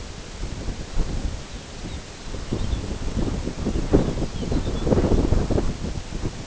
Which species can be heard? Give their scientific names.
Calcarius lapponicus